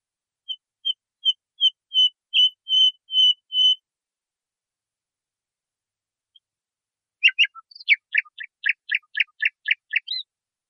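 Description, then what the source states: Nightingale song: a row of piping whistled notes growing louder, a pause of several seconds, then a quick rattling series of sharp downward notes. Training recording (masteran) used to teach singing to caged birds.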